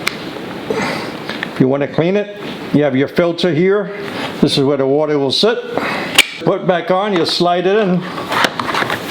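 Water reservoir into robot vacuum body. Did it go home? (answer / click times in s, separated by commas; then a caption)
no / none. Someone talks while handling the plastic water reservoir of a Verefa V60 M Pro 3200Pa self-emptying mop combo robot vacuum, showing its filter and where the water sits before sliding it back toward the robot body. Brief plastic handling knocks are heard at about 0.1, 1.3, 1.4 and 8.6 seconds. The reservoir has not clicked into place yet.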